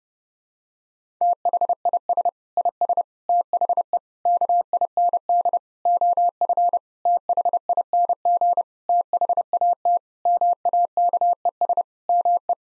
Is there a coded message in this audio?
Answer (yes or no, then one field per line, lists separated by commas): yes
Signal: Morse code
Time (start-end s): 1.2-12.5 s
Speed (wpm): 32 wpm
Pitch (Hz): 700 Hz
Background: none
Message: THIS IS THE KIND OF THING THAT MAKES ME